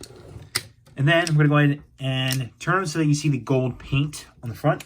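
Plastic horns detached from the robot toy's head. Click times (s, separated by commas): 0.0 s, 0.6 s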